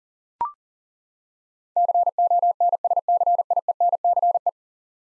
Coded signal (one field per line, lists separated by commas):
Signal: Morse code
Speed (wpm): 40 wpm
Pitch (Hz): 700 Hz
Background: none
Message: CONSCIENCE